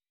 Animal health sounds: hydrophone in a shrimp aquaculture tank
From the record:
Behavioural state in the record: weakened

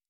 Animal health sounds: hydrophone in a shrimp aquaculture tank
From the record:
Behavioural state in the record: normal

